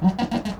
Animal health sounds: contact call of a hoofed animal; goat; low-frequency (closed-mouth) or high-frequency (open-mouth) call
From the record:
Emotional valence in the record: positive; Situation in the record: food anticipation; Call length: 0.61 s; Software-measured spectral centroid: 1800 Hz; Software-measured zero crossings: 1080 a second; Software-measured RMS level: -23 dBFS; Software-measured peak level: -8 dBFS

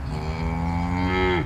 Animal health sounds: contact call of a hoofed animal; cattle; low-frequency (closed-mouth) or high-frequency (open-mouth) call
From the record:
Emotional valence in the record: negative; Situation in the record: full separation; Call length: 1.46 s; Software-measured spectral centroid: 1560 Hz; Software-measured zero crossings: 1110 a second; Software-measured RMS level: -24 dBFS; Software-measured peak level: -9 dBFS

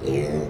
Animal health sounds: contact call of a hoofed animal; pig; closed-mouth grunt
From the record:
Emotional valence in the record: negative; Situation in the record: short social isolation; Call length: 0.49 s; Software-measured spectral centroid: 1750 Hz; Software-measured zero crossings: 1080 a second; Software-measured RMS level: -24 dBFS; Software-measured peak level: -12 dBFS

